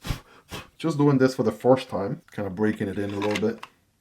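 A Tenable Luccio fixed blade knife is handled at its new molded sheath while the sheath is being broken in, as someone talks throughout. The knife has not clicked or seated into the sheath yet.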